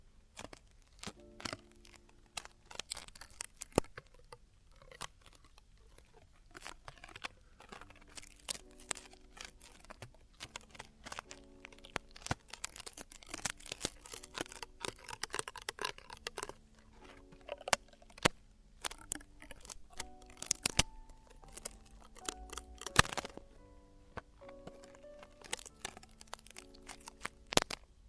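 Traditional Chinese ear cleaning and earwax removal, heard as a steady run of tiny scratches, crackles and crinkling clicks packed densely through the whole clip. Brief tonal scrapes and squeaks surface now and then, with a sharper crunch near twenty-three seconds.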